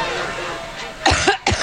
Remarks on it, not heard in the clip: On Monday, Labor Day. She's out giving a speech. Coughing up a lung. This went for 4 minutes and 22 seconds. It's allergies. I have trouble a couple times a year, and I'm upping my antihistamines.